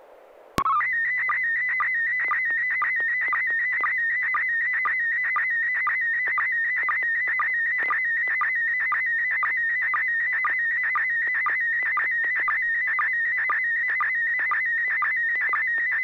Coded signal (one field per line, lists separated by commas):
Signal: SSTV (slow-scan television)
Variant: PD 120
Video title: N6NA SSTV Net - 02/03/2021